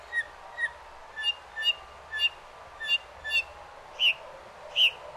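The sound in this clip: Northern mockingbird song: a series of short clear whistled notes, some paired, ending with two louder notes.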